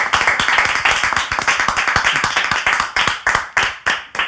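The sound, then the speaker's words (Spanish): Enthusiastic applause from a crowd, a dense, steady clatter of many hands clapping that thins out near the end into a few loud, separate claps. “Las masas enardecidas aplauden.”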